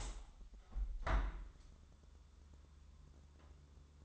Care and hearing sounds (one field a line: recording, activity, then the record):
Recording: daily activity, microphone in the room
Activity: open window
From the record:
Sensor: 3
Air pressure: 1014.9 hPa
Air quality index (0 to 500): 75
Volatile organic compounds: 2 ppm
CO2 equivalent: 1022 ppm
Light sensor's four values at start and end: 9/22/9/9 and 10/23/9/9